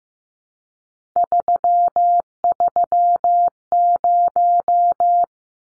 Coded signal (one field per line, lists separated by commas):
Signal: Morse code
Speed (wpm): 15 wpm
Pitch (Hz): 700 Hz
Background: none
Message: 330